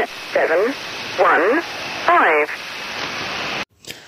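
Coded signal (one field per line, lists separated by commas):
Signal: numbers station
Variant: Lincolnshire Poacher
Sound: three short, evenly spaced spoken words through shortwave hiss, then abrupt silence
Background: radio static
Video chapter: 02:17 - 04:00 The lincolnshire poacher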